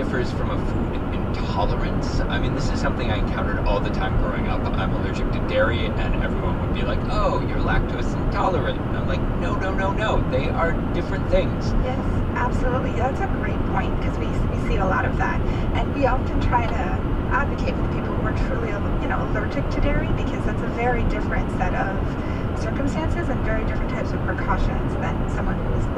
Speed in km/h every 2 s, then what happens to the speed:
106, 108, 108, 108, 109, 109, 109, 111, 109, 111, 108, 106, 105.
0-18 steady at about 109. 18-26 slows to 105.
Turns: none.